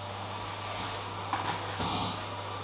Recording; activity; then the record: daily activity, microphone in the room; vacuum cleaning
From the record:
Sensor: 1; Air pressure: 1009.6 hPa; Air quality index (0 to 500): 194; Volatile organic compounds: 19 ppm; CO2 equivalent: 2653 ppm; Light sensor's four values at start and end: 29/75/31/37 and 28/74/30/36